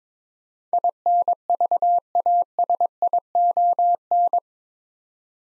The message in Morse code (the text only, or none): INVASION